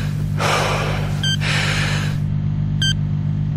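Two long, harsh gasping breaths in a row, each a rush of airy noise, over a steady low hum, with a short electronic beep after each gasp.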